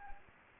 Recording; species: mosquito wingbeat signal from an infrared sensor; Anopheles gambiae